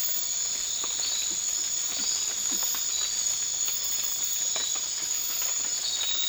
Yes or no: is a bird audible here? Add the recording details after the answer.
no. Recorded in dense forest near Puerto Asís, Putumayo, Colombia, on 12 March 2025 at 00:30. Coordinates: 0.500, -76.322. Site GP06